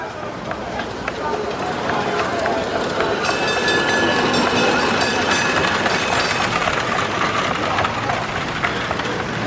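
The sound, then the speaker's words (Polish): An electric tram rumbles steadily along its rails on a city street among crowds of pedestrians, with a high metallic ringing squeal partway through and a murmur of passing voices underneath. “Samochody, które wciąż koegzystują z coraz jednak rzadszymi pojazdami konnymi, elektryczne tramwaje, tłumy przechodniów zaaferowanych lub przeciwnie, zażywających spokojnej przechadzki.”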